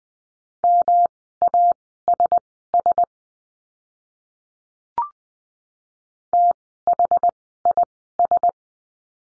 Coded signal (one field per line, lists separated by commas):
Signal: Morse code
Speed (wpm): 20 wpm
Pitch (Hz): 700 Hz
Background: none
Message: MASS THIS